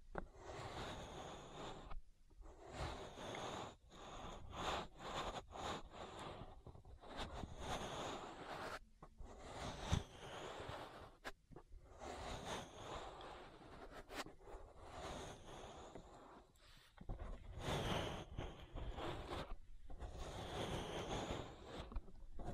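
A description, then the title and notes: Ear massage sounds: thick, continuous rubbing and brushing strokes that swish and sweep over and over, low through bright. Short breaks come around 2, 9, 11 and 17 seconds, and sharp taps or clicks punctuate the friction now and then. (No Talking). Ear Massage.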